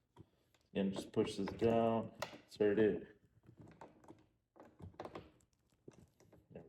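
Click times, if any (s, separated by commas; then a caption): 5.0 s. A detachable 360° spinner wheel is pushed down into its plastic socket on a hard-shell suitcase while someone talks. Soft knocks and handling sounds follow, and the wheel clicks and locks into the socket at 5.0 seconds.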